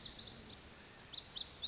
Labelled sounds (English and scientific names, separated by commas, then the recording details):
Lazuli Bunting (Passerina amoena)
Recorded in Sonoma County, California